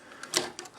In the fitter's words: snapped in place now